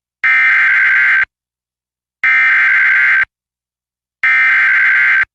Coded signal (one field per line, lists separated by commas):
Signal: Emergency Alert System (SAME) tones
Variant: header bursts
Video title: Eas severe thunderstorm warning 8/11/2021